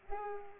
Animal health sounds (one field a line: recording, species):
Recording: mosquito wingbeat signal from an infrared sensor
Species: Culex pipiens